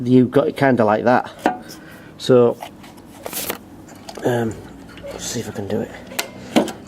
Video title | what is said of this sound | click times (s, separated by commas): Petrol Lawnmower Runs Too Fast Help And Repair | one little click like that and you can say the whole thing off this whole thing just | 6.2 s